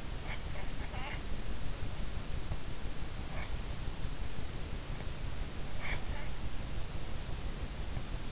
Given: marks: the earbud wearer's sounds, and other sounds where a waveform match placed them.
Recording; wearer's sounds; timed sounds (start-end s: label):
sounds in sleep by an in-ear microphone; snoring breath
0.00-1.22 s: snoring breath
3.17-3.56 s: snoring breath
5.67-6.11 s: snoring breath